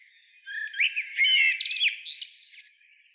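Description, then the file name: Eurasian blackbird phrase: a mellow low whistle leading into dense high twittering and a final thin descending squeak. "Turdus merula"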